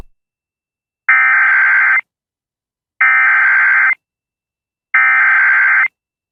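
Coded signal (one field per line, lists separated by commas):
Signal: Emergency Alert System (SAME) tones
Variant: header bursts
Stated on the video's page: Tornado warning alert tones, issued during Tropical Storm Beryl.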